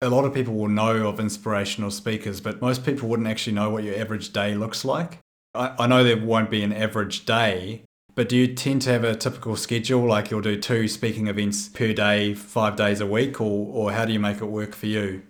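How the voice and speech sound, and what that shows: Fluent adult male voice at a steady low pitch asks a question in ordinary, clear speech.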